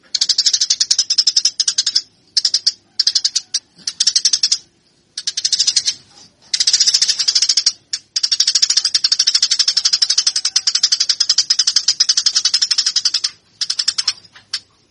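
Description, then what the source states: Eurasian tree sparrow song of fast, scratchy, high chirps delivered in bursts of varied length, separated by short silent breaks. Master song used to train fighting (tarung) tree sparrows.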